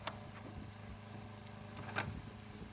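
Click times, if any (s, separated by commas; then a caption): 0.1 s, 1.8 s, 2.0 s. A hose is pulled out of a wall-mounted retractable hose reel and let go, and the locking ratchet inside the reel housing catches and holds it. Sharp ratchet clicks sound at 0.1, 1.8 and 2.0 seconds over a steady low hum. The lock engages and the hose stays held.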